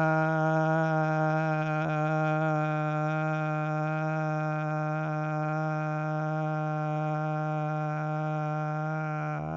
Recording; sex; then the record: sustained vowel /a/; male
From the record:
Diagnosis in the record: Parkinson's disease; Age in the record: 70 years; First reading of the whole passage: 112 s, 4.6 characters per second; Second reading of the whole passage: 107 s, 4.9 characters per second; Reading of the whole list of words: 68 s, 4.1 characters per second